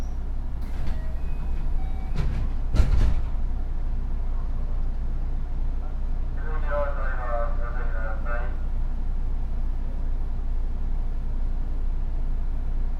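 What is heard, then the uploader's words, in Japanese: Inside a rapid train on a commuter line, a steady low rumble fills the whole recording. A few sharp clacks and knocks come in the first three seconds, and from about six to nine seconds a faint, wavering tone rises and falls over the drone. JR西日本207系電車 学研都市線快速 京橋から木津まで。西日本旅客鉄道207系電車の走行音です。学研都市線の快速列車で録音しました。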